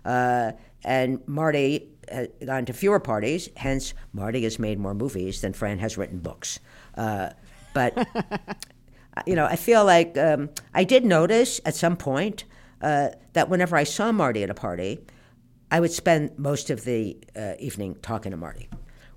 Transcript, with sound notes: And Marty has gone to fewer parties, hence Marty has made more movies than Fran has written books. But...
(Laughter).
You know, I feel like I did notice at some point that whenever I saw Marty at a party, I would spend most of the evening talking to Marty.